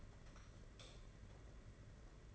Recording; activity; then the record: daily activity, microphone in the room; light off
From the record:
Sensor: 4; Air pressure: 992.7 hPa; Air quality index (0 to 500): 168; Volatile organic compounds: 240 ppm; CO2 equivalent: 4334 ppm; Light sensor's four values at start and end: 6/15/6/7 and 4/8/3/3